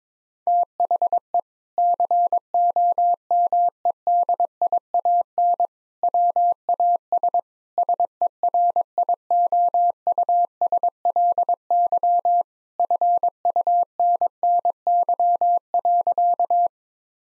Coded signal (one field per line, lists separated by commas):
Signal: Morse code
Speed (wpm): 22 wpm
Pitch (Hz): 700 Hz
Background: none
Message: THE COMEDIAN WAS SERIOUSLY FUNNY.